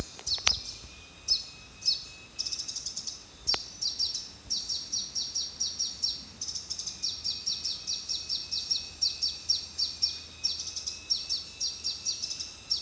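Small sunbird: high, thin chirps from a sunbird tumble out steadily for the whole stretch, several notes per second, with a couple of brief clicks and a faint steady hum behind.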